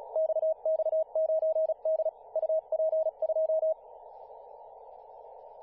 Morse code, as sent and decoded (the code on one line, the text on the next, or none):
-..- -..- ----. -.. / ..- .--. ..---
XX9D UP2